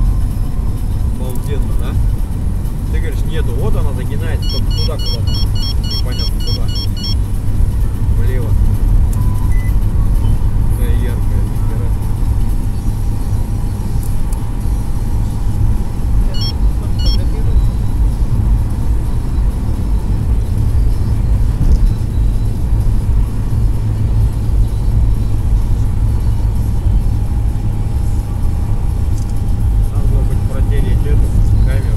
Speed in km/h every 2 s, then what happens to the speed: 93, 96, 98, 99, 99, 100, 102, 103, 105, 105, 107, 107, 106, 105, 103, 102.
0-19 speeds up to 107. 19-32 steady at about 105.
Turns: none.